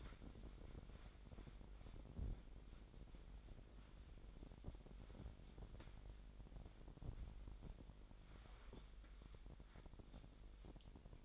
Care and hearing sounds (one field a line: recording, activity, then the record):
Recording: daily activity, microphone in the room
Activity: wipe stove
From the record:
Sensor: 5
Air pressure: 1000.9 hPa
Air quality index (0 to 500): 247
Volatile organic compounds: 34 ppm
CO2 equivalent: 3049 ppm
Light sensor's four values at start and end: 28/64/26/24 and 31/71/28/26